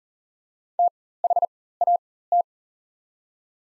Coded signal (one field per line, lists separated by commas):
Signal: Morse code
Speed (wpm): 39 wpm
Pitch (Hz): 700 Hz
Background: none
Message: THAT